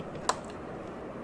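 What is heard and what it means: The release button on the quick-release stand mount at the back of a Dell P2419H monitor is pressed to detach the monitor, giving a sharp click at 0.3 s. Another brief knock follows at 1.3 s, and the monitor is not confirmed to have come free.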